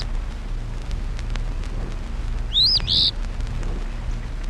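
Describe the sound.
Eastern Phoebe singing one brief, high, husky two-note phrase, the first part rising and the second buzzier, heard once against a low droning hum.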